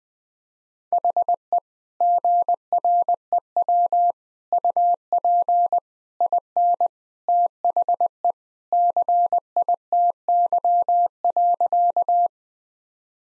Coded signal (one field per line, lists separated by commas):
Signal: Morse code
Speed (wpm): 21 wpm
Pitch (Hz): 700 Hz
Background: none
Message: HE GREW UP IN THE CITY.